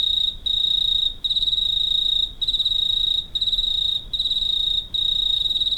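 Cricket song: a sustained high-pitched pulsing trill in bursts of about one second, broken by brief pauses.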